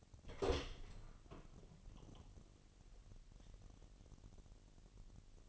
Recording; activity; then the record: daily activity, microphone in the room; open door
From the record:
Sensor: 4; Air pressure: 1002.0 hPa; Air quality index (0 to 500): 247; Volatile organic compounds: 40 ppm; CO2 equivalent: 3154 ppm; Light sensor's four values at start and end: 10/21/8/8 and 9/20/8/7